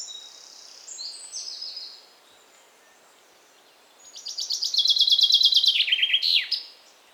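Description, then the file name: Common chaffinch singing a rapid run of repeated notes that falls in stages and ends in a sharp flourish, after an earlier burst of high twitter. "Fringilla coelebs"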